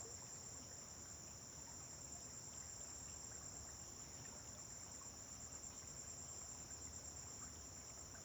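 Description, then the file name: Crickets chirping in a steady, unbroken high-pitched trill that holds at the same pitch throughout, over a constant low rumble. Several crickets on a farm at dawn, with vehicles passing on a distant road. "Amanhecer na fazenda com grilos veiculos passando em estrada longe"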